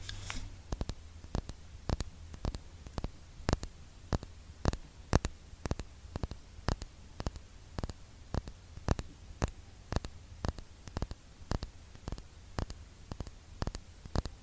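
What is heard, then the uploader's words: Crisp, evenly paced taps on a skincare product container, about two per second, over a steady low hum and faint background hiss. Asmr skincare product tapping. Blue yeti microphone.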